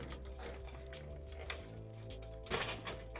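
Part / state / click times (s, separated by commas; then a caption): PC cable clip onto the case or cable holder / not seated / none. A PC cable clip is pressed onto its holder on the case while a cable is routed during a PC build; the cable is passed over and given a half turn before being clipped on. Faint handling taps and rustles play over steady background music, with a sharp tick at about 1.5 s and a louder burst around 2.5 s. The clip fails to catch and has not clicked or seated.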